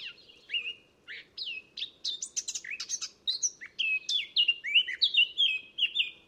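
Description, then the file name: Eurasian blackcap song: a continuous rapid sequence of slurred, mostly falling whistles and twittering notes, delivered without a break over a faint low background hum. "Sylvia atricapilla"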